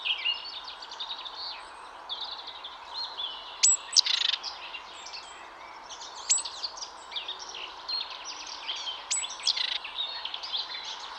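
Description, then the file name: Great tit calling, many sharp high notes with a louder harsh burst near four seconds, over continuous twittering. "Parus major"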